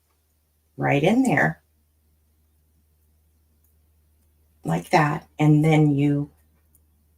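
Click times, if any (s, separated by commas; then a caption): 6.8 s. Someone talks while hooking a bracelet's metal box clasp together and pushing the clasp tongue into its housing. A short, sharp tick is heard at 6.8 seconds as the clasp clicks shut and locks in place on the bracelet, which is on the smaller side.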